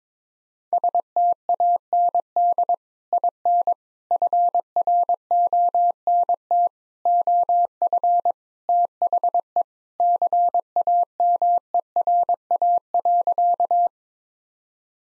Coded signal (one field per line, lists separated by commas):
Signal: Morse code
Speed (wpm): 22 wpm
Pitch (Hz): 700 Hz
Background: none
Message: STAND IN FRONT OF THE CAMERA.